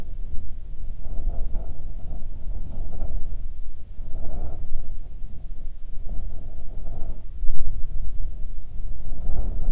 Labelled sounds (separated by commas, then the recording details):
songbird, wind
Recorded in the Prudhoe Bay oil fields, Alaska, on 9 June 2019 at 16:23
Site 21